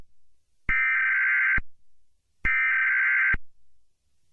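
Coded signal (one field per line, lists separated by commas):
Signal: Emergency Alert System (SAME) tones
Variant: header bursts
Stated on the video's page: Fictional EAS scenario.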